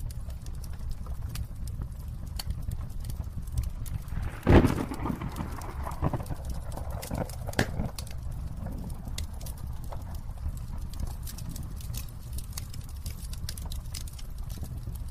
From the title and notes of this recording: All Raw and mixed audio recorded on: Focusrite Scarlett CM25, Focusrite Scarlett 2i2 Audio interface.